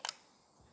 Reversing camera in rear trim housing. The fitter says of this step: and out pops the camera so that the camera only fits one orientation